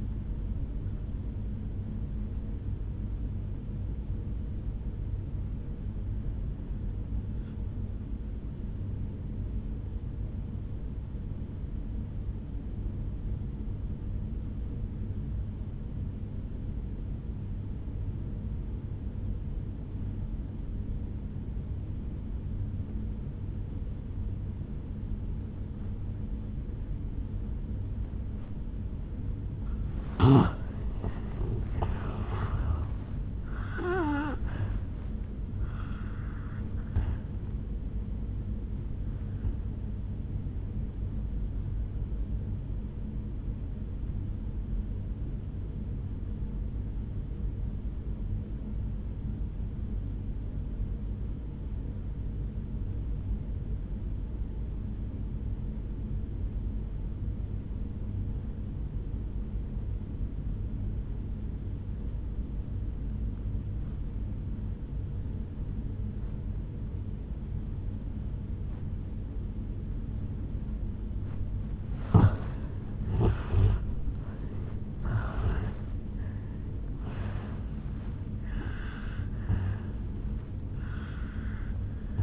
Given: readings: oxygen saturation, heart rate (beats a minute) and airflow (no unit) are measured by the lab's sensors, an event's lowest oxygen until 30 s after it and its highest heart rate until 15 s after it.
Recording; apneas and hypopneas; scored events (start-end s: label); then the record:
breathing in sleep by a smartphone at the bedside; 2
11.00-29.00 s: obstructive apnea (N1, oxygen 96% highest, then 83% lowest, heart rate 56 at the start, 78 highest)
44.00-72.30 s: obstructive apnea (N1, oxygen 96% highest, then 81% lowest, heart rate 64 at the start, 81 highest)
53.00-82.22 s: new sleep stage, N2 (light sleep)
From the record:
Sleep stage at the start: N1 (lightest sleep); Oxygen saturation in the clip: 83 to 96%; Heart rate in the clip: 52 to 81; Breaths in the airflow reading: 7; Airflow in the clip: -14.5 to 12.0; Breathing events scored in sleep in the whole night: 449 in 7.0 hours asleep